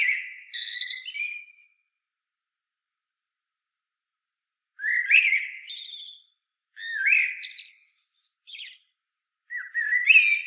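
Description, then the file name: Common blackbird delivering separate phrases every few seconds, each a rich low whistle breaking into a higher scratchy twitter, with quiet silence between. "Turdus merula"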